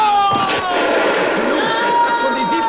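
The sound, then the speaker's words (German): Gunshots crack through a battle, one or two sharp bangs early on, the last few shots fired before the fight is decided. They sound beneath a loud, sustained uproar of shouting voices and battle cries that fills the whole stretch. “Es fielen noch ein paar Schüsse, doch dann war der Kampf entschieden und Old Firehand rief: Freunde, lasst die Waffen schweigen.”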